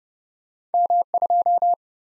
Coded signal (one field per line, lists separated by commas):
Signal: Morse code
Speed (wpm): 30 wpm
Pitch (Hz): 700 Hz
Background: none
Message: M2